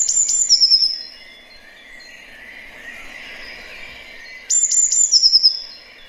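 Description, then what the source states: Eurasian Blue Tit song: two bursts of high, thin notes, each a few sharp introductory notes followed by a quick trill, separated by a few quieter seconds. Song played as a recording; described as a typical spring sound, as the bird stops singing in summer, with more variation than first apparent.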